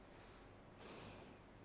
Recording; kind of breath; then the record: one breath in and out by a microphone near the nose and mouth; normal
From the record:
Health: marked as sick, illness not named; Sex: female